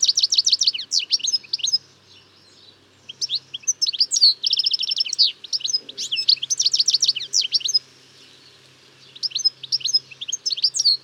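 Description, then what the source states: European goldfinch song: rapid tinkling, twittering phrases of high buzzy and liquid notes in bursts, with short pauses between runs. Song of a male; species seen around houses.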